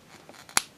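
A plastic shoulder add-on piece is pressed onto the arm of a transforming robot action figure until it pegs into the screw hole. After a few faint handling taps, a sharp, bright snap at 0.6 s marks the piece seating firmly in place.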